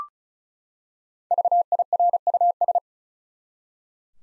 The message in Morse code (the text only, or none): VIRUS